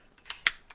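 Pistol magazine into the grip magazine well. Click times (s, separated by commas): 0.5 s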